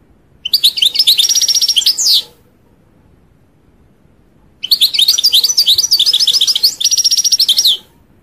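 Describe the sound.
European goldfinch song, two bursts of rapid twittering with buzzy, tinkling notes and a fast trilled passage, separated by a pause.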